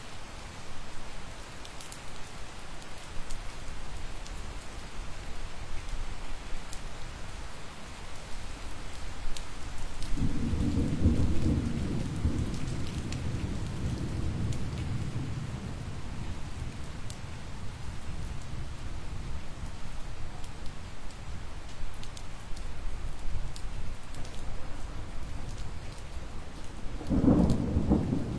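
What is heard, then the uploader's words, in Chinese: A sudden summer thunderstorm: steady rain patters throughout, with a deep rumble of thunder from about 10 to 16 seconds and another near 27 seconds. 酷暑天忽然而来的雷雨。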